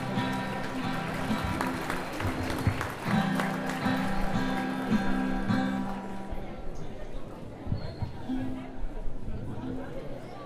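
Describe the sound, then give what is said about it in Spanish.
An audience at a 25th-anniversary event of the EZLN claps in a dense, steady burst mixed with crowd chatter and a sustained tone in the background, the applause thinning out over the last few seconds. “Rendemos un fuerte aplauso, compañeros.”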